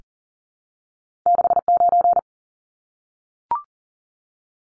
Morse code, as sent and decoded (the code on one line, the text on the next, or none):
-.... ----.
69